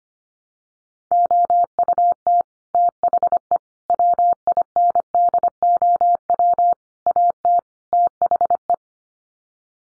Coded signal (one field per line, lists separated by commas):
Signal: Morse code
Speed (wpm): 25 wpm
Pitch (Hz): 700 Hz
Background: none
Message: OUT THE WINDOW AT THE